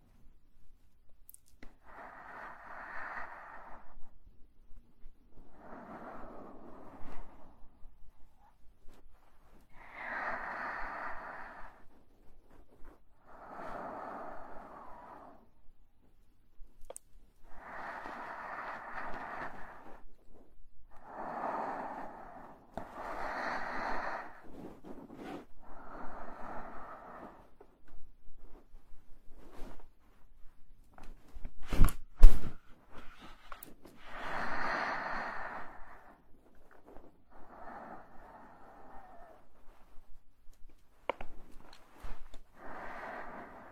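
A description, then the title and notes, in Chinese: Breathing sounds: slow, airy breaths repeat about every two to three seconds, with a sharp click or thump near thirty-two seconds. 呼吸音。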